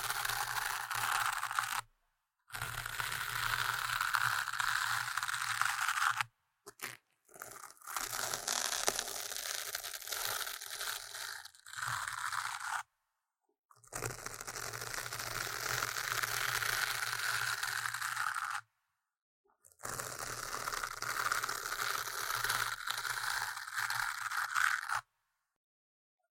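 Intense scratching in dense, ratchety bursts of several seconds each, separated by brief silences, with a steady low hum beneath the scraping.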